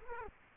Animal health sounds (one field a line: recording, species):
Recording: mosquito wingbeat signal from an infrared sensor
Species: Culex quinquefasciatus